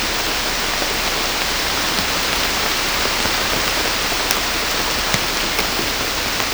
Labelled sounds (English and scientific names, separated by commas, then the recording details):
none
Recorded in secondary vegetation near Puerto Asís, Putumayo, Colombia, on 18 December 2024 at 23:00
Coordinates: 0.500, -76.326
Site G065